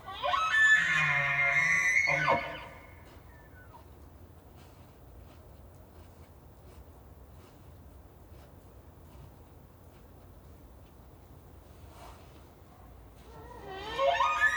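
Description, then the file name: Elk bugle opening with a loud, harsh high call, then a long quiet stretch before another raspy bugle begins at the end. Bull elk with cows; recorded 18 October 2015. "Elk Bulland Cows 20151018"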